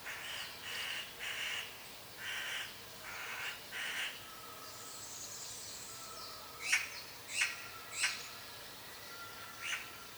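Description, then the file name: Eurasian magpie making a string of harsh chattering bursts; sharp high chips and thin whistles follow. "Pica pica"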